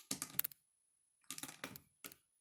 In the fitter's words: All right, there's our click.